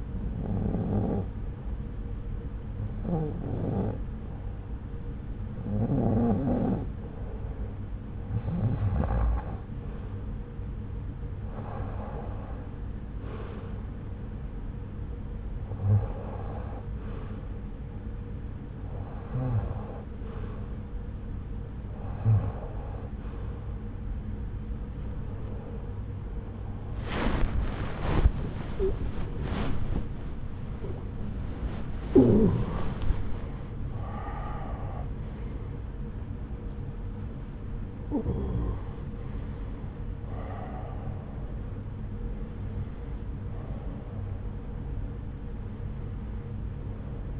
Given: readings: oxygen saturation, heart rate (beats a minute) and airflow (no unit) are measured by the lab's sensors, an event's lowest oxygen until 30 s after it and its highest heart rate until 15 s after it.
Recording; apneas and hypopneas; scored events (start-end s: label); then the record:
breathing in sleep by a smartphone at the bedside; none
40.00-47.40 s: new sleep stage, N1 (lightest sleep)
From the record:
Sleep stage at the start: REM sleep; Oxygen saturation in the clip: 89 to 96%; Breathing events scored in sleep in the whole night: 303 in 8.1 hours asleep